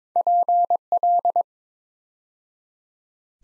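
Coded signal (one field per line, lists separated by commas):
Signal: Morse code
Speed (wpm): 22 wpm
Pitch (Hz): 700 Hz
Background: none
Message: PL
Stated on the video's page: Morse practice set at 22 wpm building 8-letter words two letters at a time, for ICR training.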